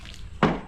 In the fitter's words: Ayaw mag-lock, oh.